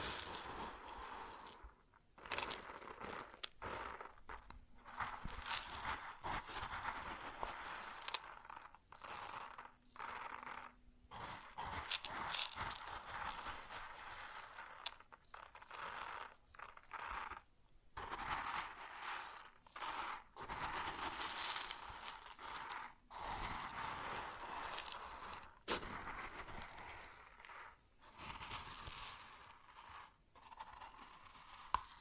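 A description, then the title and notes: Grain sounds: a dense, continuous rustle of small particles shifting and pouring, bright and hissy, with crackly granular texture throughout. Brief pauses and dips break it up every few seconds, and a faint low hum appears around five and ten seconds. ASMR Grain Sounds (No Talking).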